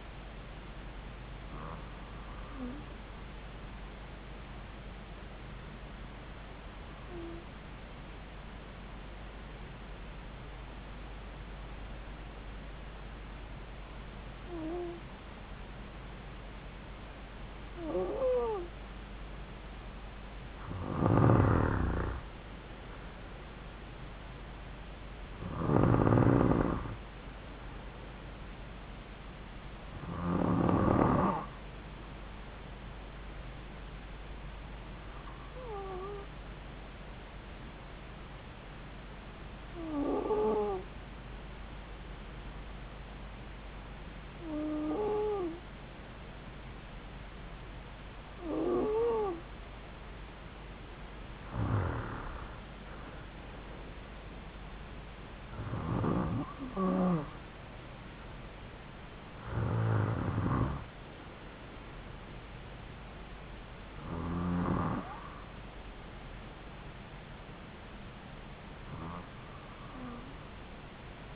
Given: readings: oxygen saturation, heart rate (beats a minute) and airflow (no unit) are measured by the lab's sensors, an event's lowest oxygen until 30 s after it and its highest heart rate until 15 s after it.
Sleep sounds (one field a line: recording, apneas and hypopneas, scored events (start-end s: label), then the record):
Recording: breathing in sleep by a voice recorder at the bedside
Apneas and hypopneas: 1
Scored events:
4.00-21.80 s: hypopnea (N2, oxygen 96% highest, then 93% lowest)
From the record:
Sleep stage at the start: N2 (light sleep)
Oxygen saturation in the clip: 92 to 96%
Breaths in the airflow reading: 17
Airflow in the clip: -3.5 to 3.8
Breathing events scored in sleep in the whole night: 270 in 6.1 hours asleep